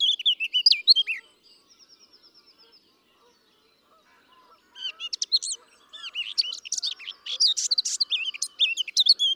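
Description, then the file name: Eurasian blackcap warbling, a fluty phrase, then a faint thin trill and quiet stretch, followed by a long, energetic run of varied whistled notes. "Sylvia atricapilla"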